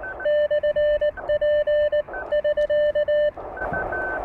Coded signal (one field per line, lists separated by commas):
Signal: Morse code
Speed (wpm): 19 wpm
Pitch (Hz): 600 Hz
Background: radio noise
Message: /P <SK>